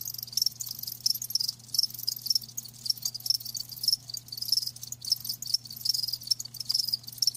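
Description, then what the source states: Crickets chirping in dense, overlapping high trills, bursts coming rapidly and unevenly, with a low constant hum in the background. Live crickets chirping with a lulling song.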